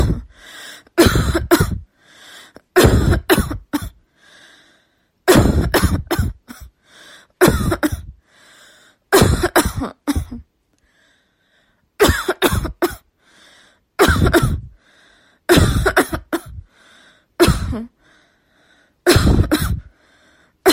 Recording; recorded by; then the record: voluntary cough; messaging app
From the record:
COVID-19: negative